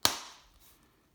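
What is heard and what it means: The two plastic halves of a Citroen C2, C3, C4, C5, Berlingo or Dispatch key fob casing are popped back together after a battery replacement. A single loud, sharp snap lands at 0.1 s and rings down over about half a second, then fades. The casing halves seat together.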